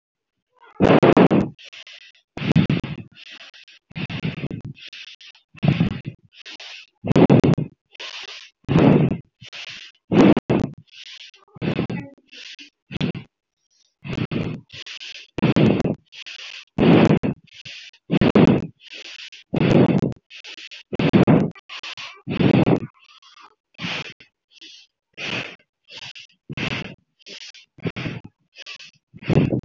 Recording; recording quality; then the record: shallow breathing; excellent, no background noise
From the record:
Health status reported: healthy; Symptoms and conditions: none ticked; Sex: female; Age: 31 years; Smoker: not ticked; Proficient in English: yes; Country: India